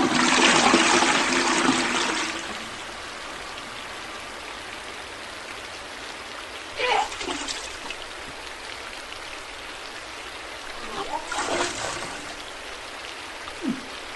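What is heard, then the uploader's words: Someone vomits: a loud, splashing gush with a low throaty groan fills the first two seconds, then fades to a quiet hiss. Shorter wet heaves and splatters return around seven seconds and again near eleven to twelve, with a brief gurgle at the end. This is literally puking sounds for an hour with a backdrop.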